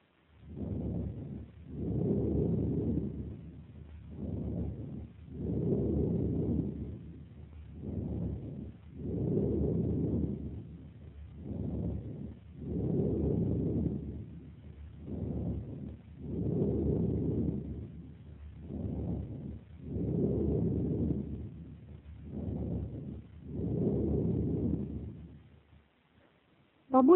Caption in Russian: Пациента, страдающего фиброзно-кавернозным туберкулезом легких. Справа, над симметричным участком грудной клетки, в зоне проекции крупной туберкулезной каверны, отчетливо выслушивается амфорическое дыхание.